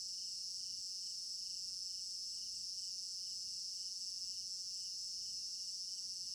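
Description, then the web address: A dense high cricket chorus drones on, with a pulsed lower trill and scattered faint clicks. Crickets in an African village garden at night, recorded in stereo binaural. "African-Village Garden Night Crickets Stereo-Binaural. immersive sound library"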